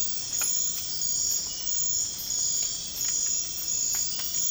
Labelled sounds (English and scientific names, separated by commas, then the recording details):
none
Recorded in pastures near Puerto Asís, Putumayo, Colombia, on 12 March 2025 at 03:30
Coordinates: 0.502, -76.324
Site GP07